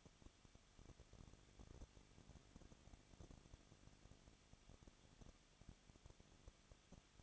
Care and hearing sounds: daily activity, microphone in the room; no activity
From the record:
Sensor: 4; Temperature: 23.0 degrees Celsius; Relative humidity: 34.4%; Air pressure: 1007.3 hPa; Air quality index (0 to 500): 216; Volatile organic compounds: 15 ppm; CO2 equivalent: 2508 ppm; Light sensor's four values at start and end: 2/3/1/1 and 2/3/1/1

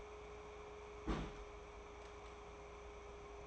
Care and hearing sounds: daily activity, microphone in the room; place on stove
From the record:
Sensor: 1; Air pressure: 1010.3 hPa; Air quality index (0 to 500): 171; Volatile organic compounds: 12 ppm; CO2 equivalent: 2358 ppm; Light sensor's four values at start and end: 56/144/59/75 and 55/141/58/74

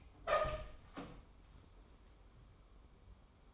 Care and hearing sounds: daily activity, microphone in the room; open door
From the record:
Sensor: 1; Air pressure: 1015.2 hPa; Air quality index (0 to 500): 179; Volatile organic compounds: 15 ppm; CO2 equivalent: 2496 ppm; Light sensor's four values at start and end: 14/32/13/15 and 14/33/14/15

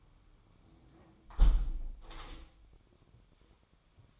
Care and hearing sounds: daily activity, microphone in the room; close window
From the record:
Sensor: 1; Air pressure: 1006.5 hPa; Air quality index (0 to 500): 209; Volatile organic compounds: 24 ppm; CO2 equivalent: 2809 ppm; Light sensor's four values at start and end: 12/32/12/14 and 12/30/12/13

